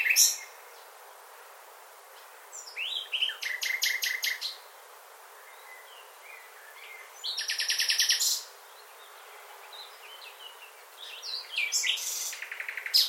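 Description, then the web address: Bird song: three separate bursts of fast repeated high notes spaced several seconds apart, with scattered chirps between them and a quiet background. "birddata Deverinetal 2025 File origin Bird Only Lu Me"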